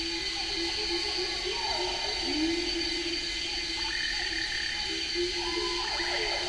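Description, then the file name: Siamang call with steady low hoots and a sharp upward glide, then higher barking whoops near the end, over continuous insect hum. Recorded at Merapoh on 4 March 2014 at 11:23 in the morning. "Siamang 11 h 23 m 27 s 04 mar 2014 merapoh am"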